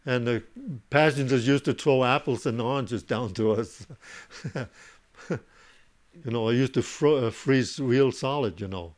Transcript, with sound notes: And the passengers used to throw apples and oranges down to us. ( he laughs ) You know, it used to freeze real solid, you know.